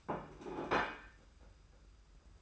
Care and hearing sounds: daily activity, microphone in the room; place plate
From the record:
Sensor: 2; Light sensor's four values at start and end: 22/72/28/27 and 22/72/28/27

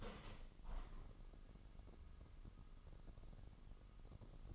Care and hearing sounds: daily activity, microphone in the room; open window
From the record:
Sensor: 4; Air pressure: 998.8 hPa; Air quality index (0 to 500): 122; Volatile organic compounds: 2 ppm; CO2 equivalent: 1201 ppm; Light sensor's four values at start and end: 9/21/8/9 and 9/22/8/9

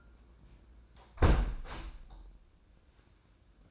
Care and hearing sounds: daily activity, microphone in the room; close window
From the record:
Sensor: 2

